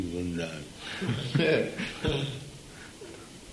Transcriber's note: laughter